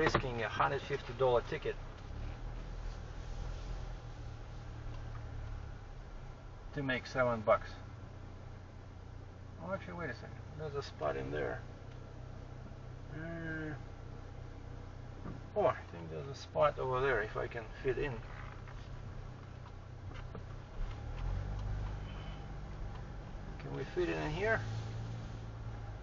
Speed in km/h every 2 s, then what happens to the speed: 1, 3, 6, 4, 1, 0, 0, 0, 2, 3, 3, 4, 6.
0-8 steady at about 3. 8-17 standing.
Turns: none.